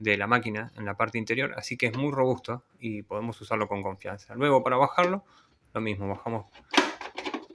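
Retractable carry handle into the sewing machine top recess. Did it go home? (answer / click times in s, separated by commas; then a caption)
no / none. A hidden plastic carry handle on a Singer Inspiration sewing machine is being handled and lowered toward its recess in the machine's top while someone talks. Short sharp knocks come near the end, at about 6.8, 7.0, 7.2, 7.3 and 7.6 seconds. The handle has not yet clicked or seated into place when the clip ends.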